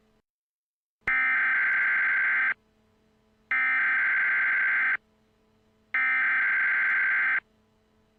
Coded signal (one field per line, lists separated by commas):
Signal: Emergency Alert System (SAME) tones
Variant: header bursts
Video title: EAS Mock - A Christmas Gift from Mother Nature